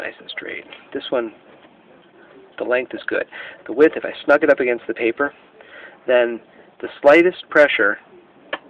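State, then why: Partly seated. Someone talks while snugging the plastic paper width guide of a 250-sheet paper tray from a Dell 2335dn laser printer against the paper. At 8.5 seconds a short, sharp click is heard as the slightest pressure knocks the guide back into another position. The guide is not seated in a groove, which leaves a gap.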